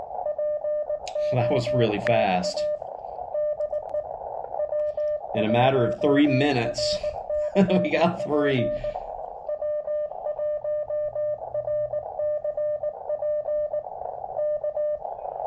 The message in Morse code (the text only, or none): POTA DE W1RCP W1RCP K